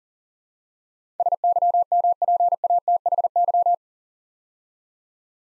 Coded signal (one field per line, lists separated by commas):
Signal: Morse code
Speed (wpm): 40 wpm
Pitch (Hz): 700 Hz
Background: none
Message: SYMPATHY